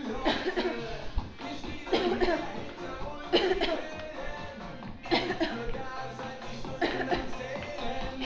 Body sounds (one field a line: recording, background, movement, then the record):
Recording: voluntary coughing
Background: music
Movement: walking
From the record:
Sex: female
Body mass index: 18.3 kg/m2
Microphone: on the chest, facing outward